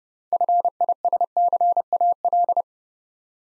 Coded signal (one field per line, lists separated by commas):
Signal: Morse code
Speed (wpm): 29 wpm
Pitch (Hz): 700 Hz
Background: none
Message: FISCAL